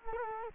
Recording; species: mosquito wingbeat signal from an infrared sensor; Culex quinquefasciatus